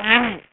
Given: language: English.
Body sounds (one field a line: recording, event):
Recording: throat vibration sensor signal played as sound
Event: throat clearing